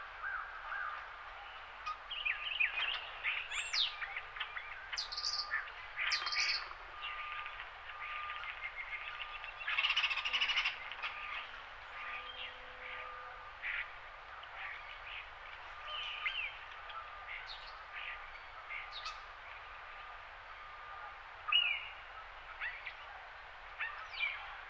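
Winter morning birdsong with many short chirps and calls overlapping throughout, over a steady thin hum at a fixed pitch. Brighter bursts cluster around 2–7 seconds and near 10 seconds, with a sharp call near 22 seconds; geese are not clearly picked out.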